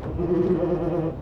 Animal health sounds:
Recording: contact call of a hoofed animal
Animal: goat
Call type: low-frequency (closed-mouth) or high-frequency (open-mouth) call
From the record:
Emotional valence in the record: positive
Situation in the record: food anticipation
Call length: 1.22 s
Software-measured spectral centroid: 800 Hz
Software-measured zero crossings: 720 a second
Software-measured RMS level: -24 dBFS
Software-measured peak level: -12 dBFS

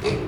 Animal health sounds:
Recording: contact call of a hoofed animal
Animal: pig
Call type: closed-mouth grunt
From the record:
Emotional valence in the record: positive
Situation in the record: food and toys in familiar pen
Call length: 0.28 s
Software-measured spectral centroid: 2210 Hz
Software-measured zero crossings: 1430 a second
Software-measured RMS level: -24 dBFS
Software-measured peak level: -11 dBFS

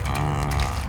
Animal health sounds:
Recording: contact call of a hoofed animal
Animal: cattle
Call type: low-frequency (closed-mouth) or high-frequency (open-mouth) call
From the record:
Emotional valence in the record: negative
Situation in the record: full separation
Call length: 0.89 s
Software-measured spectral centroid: 3260 Hz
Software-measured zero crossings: 1530 a second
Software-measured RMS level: -24 dBFS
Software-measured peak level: -10 dBFS

